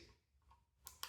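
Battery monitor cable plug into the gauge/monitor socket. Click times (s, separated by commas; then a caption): 0.9 s, 1.0 s. A battery gauge cable plug, its clip lined up with the slot, is pushed into the socket on the back of the battery monitor for a DC HOUSE 48V 100Ah LiFePO4 metal-case lithium battery on an EZGO golf cart. After a quiet low hum, two short, sharp plastic snaps are heard at 0.9 s and 1.0 s. The plug snaps in and is fully seated.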